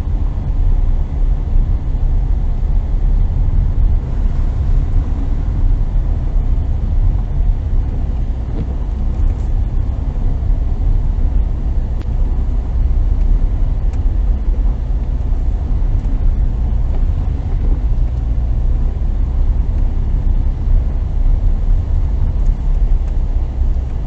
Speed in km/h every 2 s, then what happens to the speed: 33, 31, 31, 29, 28, 28, 28, 27, 29, 28, 29, 28.
0-24 steady at about 28.